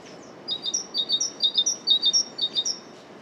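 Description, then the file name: Great tit song: a bright phrase repeated rapidly several times in a steady, see-sawing rhythm. "Great Tit Parus major"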